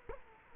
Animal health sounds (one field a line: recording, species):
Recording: mosquito wingbeat signal from an infrared sensor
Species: Culex quinquefasciatus